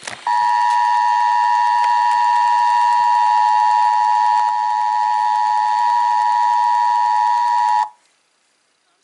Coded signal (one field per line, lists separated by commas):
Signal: Emergency Alert System (SAME) tones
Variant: 853 and 960 Hz attention tone